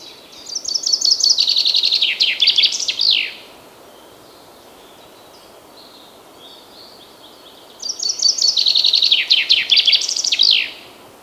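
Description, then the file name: Common chaffinch song given twice with a long pause between: each a cascading trill of bright notes dropping in pitch and ending in a crisp flourish. "Fringilla coelebs"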